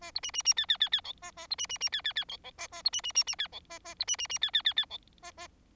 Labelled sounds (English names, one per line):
Bengalese Finch song